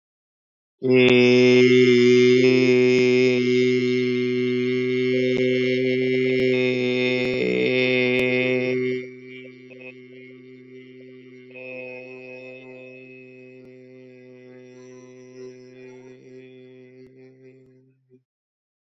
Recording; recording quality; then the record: sustained vowel as in made; excellent, no background noise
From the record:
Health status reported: exposed to COVID-19, no respiratory illness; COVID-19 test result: negative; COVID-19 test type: RT-PCR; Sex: male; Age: 23 years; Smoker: no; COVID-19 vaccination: both doses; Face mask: worn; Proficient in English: yes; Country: India